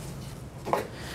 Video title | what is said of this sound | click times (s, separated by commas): Dell PowerEdge C2100 Server Overview - Memory Install & Upgrade Tips - How to Configure the System | those two clicks let you know that the module is fully inserted | 0.7 s